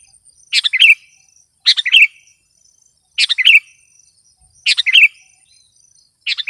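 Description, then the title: Sooty-headed bulbul giving brisk chattering phrases of three or four chirpy notes, five in a row roughly every second and a half, with a thin high whine in the background. "kutilang"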